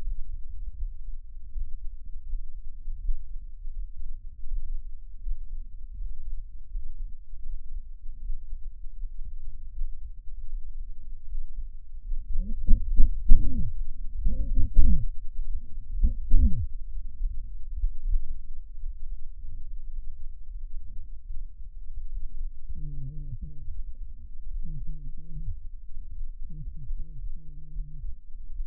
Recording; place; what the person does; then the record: lung sounds by stethoscope; left posterior apical chest; quiet breathing, then cough and speech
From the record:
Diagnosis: interstitial lung disease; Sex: male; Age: 72 years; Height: 167 cm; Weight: 74 kg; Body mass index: 26.5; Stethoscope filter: bell mode